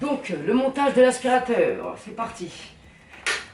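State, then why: Seated. Someone talks, then a plastic extension tube is pushed onto the handheld body of a Xiaomi G9 cordless stick vacuum during assembly. A sharp click is heard at 3.3 s as the tube clips in and seats.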